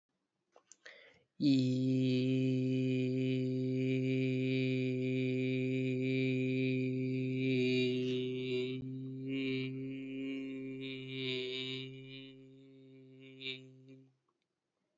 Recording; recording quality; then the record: sustained vowel as in beet; excellent, no background noise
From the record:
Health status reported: healthy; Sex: male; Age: 25 years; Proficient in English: yes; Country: India